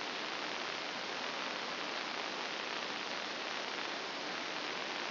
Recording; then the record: brain microelectrode recording played as sound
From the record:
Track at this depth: inside the subthalamic nucleus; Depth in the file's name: 4.663 mm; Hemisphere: left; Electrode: 2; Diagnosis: Parkinson's disease